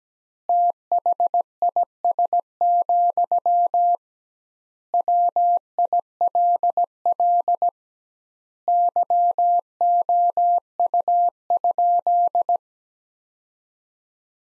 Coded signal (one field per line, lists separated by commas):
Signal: Morse code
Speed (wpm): 17 wpm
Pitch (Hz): 700 Hz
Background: none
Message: THIS, WILL YOU?